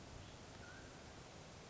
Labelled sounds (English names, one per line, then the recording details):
Mountain Quail
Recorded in Sonoma County, California